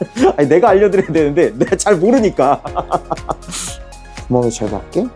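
During a brake caliper overhaul on a CB400 motorcycle, a metal brake pad or pad spring is lined up with its holes in the caliper and pressed in while someone talks and briefly laughs over background music. The part is still being handled and has not snapped into place yet, so nothing has seated or clicked.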